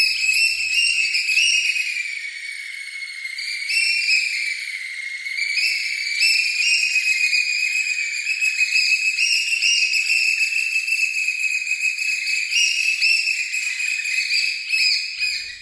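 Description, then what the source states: Black oystercatcher piping, shrill high whistled calls running almost continuously, dipping and rising in pitch. Shorebird of the intertidal zone that likes to rest on the tops of cliffs.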